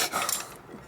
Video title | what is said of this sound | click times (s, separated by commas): #129 2001 Indian Scout motor rebuild 88ci bigbore S&S overhaul Evo Harley by Tatro Machine | over tight yeah but it's very important not to over tighten stuff hear the clicking of his torque wrench click | 0.3 s